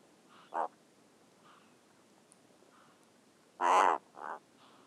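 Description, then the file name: Razorbill calls: a short rasping note, then a long loud harsh growl followed quickly by a shorter grunt. "alka hangja"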